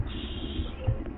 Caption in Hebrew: 16. אוקיי, הוא לא מגיב לכם לדיבור? לא. היא שמעה את הנשימות שלו דרך הטלפון. הוא היה מחוסר הכרה, אבל הוא נשם, הוא חרחר. הוא נוחר. הוא כרגע נושם בצורה לא טובה.